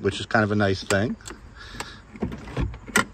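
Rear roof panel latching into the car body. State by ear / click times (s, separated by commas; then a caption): seated / 3.0 s. Someone talks as the rear roof panel of a small 1993 Suzuki Cappuccino convertible is raised back up by hand, with a few light knocks and rustles from the moving panel. The panel snaps right into place with a sharp, loud latch hit into the car body at 3.0 s, and it is seated.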